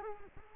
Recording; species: mosquito wingbeat signal from an infrared sensor; Culex quinquefasciatus